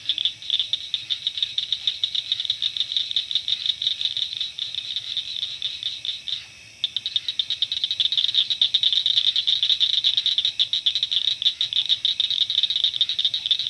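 Blanchard's cricket frog giving fast, sharp clicks in a continuous stream, with a brief lull near the middle before the clicking resumes louder.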